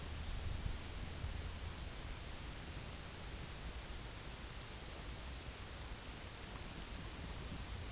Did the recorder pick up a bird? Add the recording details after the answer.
no. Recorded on Arctic tundra, site UTQI-8, on 8 June 2019. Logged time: 02:00